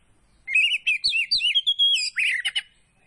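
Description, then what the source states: Magpie-robin song: a quick, warbling phrase of bright, rising and falling whistles, ending in a few rough chirps. Kacer poci variety, singing vigorously (gacor).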